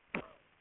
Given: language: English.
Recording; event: throat vibration sensor signal played as sound; cough